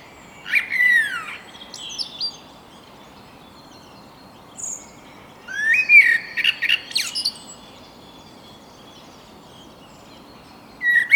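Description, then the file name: Common blackbird song: rich fluted phrases with shrill twittery endings, spaced about five seconds apart, and a quiet background between them. "Turdus merula"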